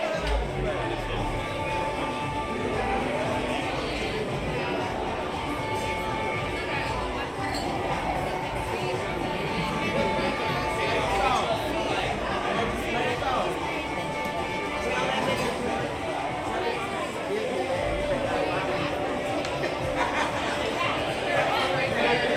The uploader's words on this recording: Oga's Cantina (Disneyland) Binaural Ambience. Oga's Cantina, in Star Wars Galaxy's Edge.